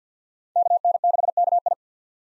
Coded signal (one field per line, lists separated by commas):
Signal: Morse code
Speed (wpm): 50 wpm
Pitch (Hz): 700 Hz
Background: none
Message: KN6KI